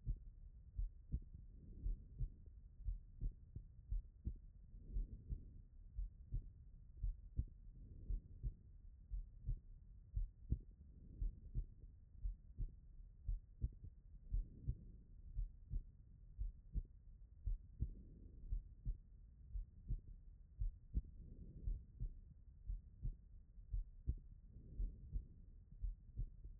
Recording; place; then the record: heart sounds by stethoscope; pulmonary valve (PV)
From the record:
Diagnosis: non-HFrEF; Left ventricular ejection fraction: 63%